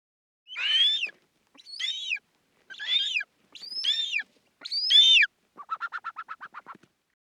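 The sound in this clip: Black-chested buzzard-eagle calling: five harsh, arched screams about a second apart, then a quick stuttering series of about ten lower clipped notes.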